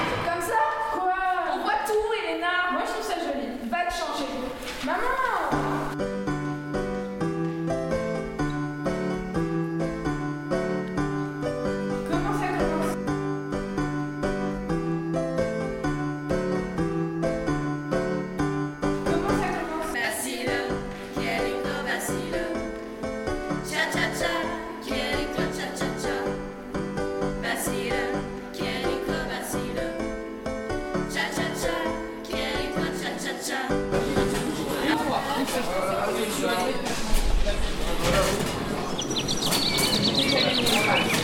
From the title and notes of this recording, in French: Ambiance Foyer.